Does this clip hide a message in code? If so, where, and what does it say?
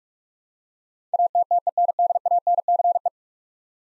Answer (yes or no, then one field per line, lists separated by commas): yes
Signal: Morse code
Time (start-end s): 1.1-3.1 s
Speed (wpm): 44 wpm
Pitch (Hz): 700 Hz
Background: none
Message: ATTENDANCE